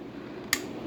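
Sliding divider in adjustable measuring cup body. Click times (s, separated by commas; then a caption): 0.5 s. A sliding divider in a 3D-printed plastic adjustable measuring cup is moved along the cup body into its detent position. Against a quiet background, one sharp click is heard at 0.5 s as the divider snaps into place and is seated.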